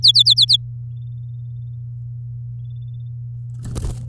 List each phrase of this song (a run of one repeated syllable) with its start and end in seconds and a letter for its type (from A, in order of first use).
0.03-0.56 A